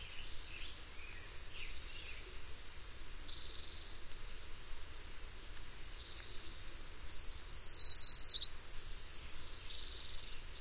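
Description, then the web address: Orange-crowned warbler song: a loud, fast, high trill lasting over a second, with fainter high chips and short trill fragments before and after. "Know Your Bird Sounds Common Western Species. Orange-crowned Warbler"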